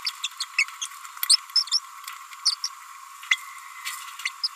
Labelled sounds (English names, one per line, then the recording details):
Green-rumped Parrotlet babbling
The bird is a female
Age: 29 days
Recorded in a nest box in Venezuela
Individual 17B42A4